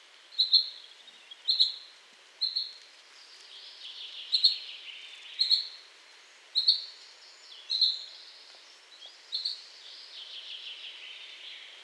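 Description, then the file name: Common chaffinch giving a series of short, sharp, high single calls, about one a second. "Fringilla coelebs"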